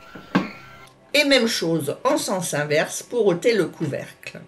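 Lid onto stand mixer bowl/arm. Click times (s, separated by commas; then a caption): 0.3 s. The lid of a Moulinex i-Coach Touch stand mixer bowl is lined up by its arrow with the mixer's arm, fitted on and twisted until it locks. A single sharp click sounds at 0.4 s, and then someone talks. The lid is seated and locked.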